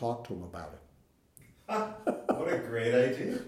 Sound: laughter